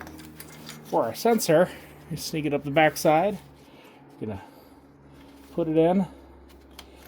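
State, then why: Seated. A brake pad wear sensor on a 2008 Audi A4 front brake is pushed into its pad/caliper holder and twisted so it locks in place. Someone talks over faint handling clicks, and a single sharp click at 6.8 s marks the sensor seating.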